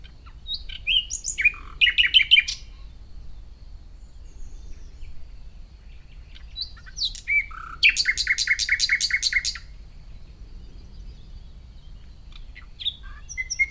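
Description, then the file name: Common nightingale singing varied phrases: sharp whistled notes, then two loud bursts of rapid repeated notes, with pauses and soft low background hum. "Luscinia megarhynchos"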